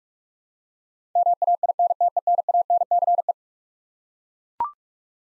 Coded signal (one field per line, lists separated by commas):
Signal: Morse code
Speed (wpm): 41 wpm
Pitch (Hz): 700 Hz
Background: none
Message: MAINTENANCE